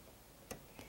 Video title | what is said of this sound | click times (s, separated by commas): Pineapple Log Cabin quilt video by Shar Jorgenson | you want to hear it snap in | 0.5 s